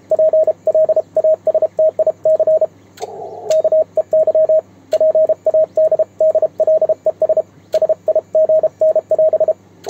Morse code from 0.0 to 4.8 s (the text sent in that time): PLASTIC KEY